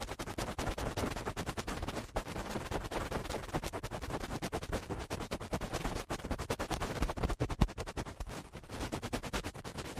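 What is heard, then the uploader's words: Eardrum cleaning sounds: a dense, continuous crackle of rapid scratchy clicks and rustles that fills the whole ten seconds. The texture stays busy and fairly even, with brief sharper pops around two, six and seven seconds and a slightly quieter patch near eight. Eardrum Cleaning (No Talking).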